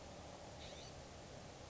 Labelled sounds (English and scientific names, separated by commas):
California Scrub-Jay (Aphelocoma californica)